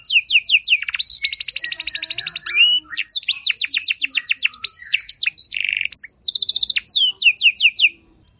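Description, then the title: Canary song with long rolling trills, sharp falling chips and a short buzzy phrase, continuous for about eight seconds before stopping. Belgian canary song played to make other canaries sing; long song with elaborate varied phrases. "Canto Para Esquentar Canário Belga. Suara Burung Kenari Lagu dan Cengkok Mewah Buat Kenari Lain Bakal Langsung Nyaut Gacor Panjang"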